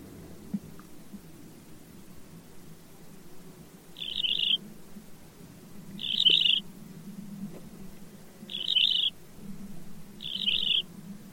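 Bird calling: after four quiet seconds, four short buzzy notes arrive roughly every two seconds, with a low continuous hum throughout.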